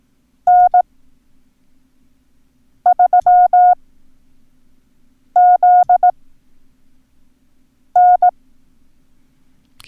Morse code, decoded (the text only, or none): N3ZN